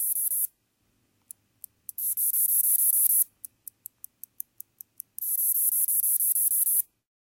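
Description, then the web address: Northern bush katydid song: very high hissing buzzes lasting over a second, alternating with runs of several sharp separate ticks. "Crickets and Katydids. Northern Bush Katydid, Scudderia septentrionalis"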